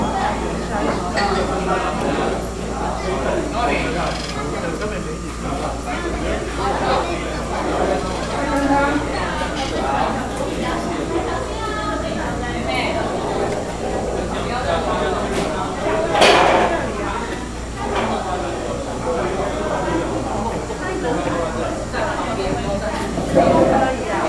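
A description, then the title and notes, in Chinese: A busy indoor eatery where customers queue for oden and crowd a dining area, with many voices talking over one another in a steady, dense murmur. A low hum runs underneath, and a sharp clatter stands out around sixteen seconds. 我在鶯歌阿婆壽司店裡用餐。這次,我把自己的聲音也刻意錄進去了....從一樓就有排隊買關東煮的客人,連結到二樓用餐區的熱絡氣氛。整個用餐區我都聽到壓縮機的聲音。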